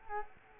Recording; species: mosquito wingbeat signal from an infrared sensor; Culex quinquefasciatus